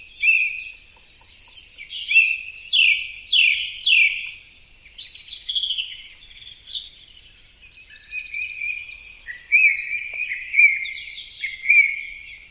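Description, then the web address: Bird calls: sweeping, downslurred chirps repeated in bursts, with many high twittering notes throughout. "birddata Deverinetal 2025 Bird Only"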